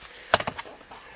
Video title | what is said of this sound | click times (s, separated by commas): Replace rear struts on a 2003 Honda Accord | they just they just snap right in like that | 0.3 s